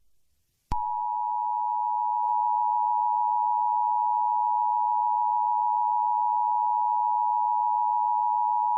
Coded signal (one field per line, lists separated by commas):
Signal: Emergency Alert System (SAME) tones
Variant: 853 and 960 Hz attention tone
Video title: EAS Scenario: Kidsco Shutdown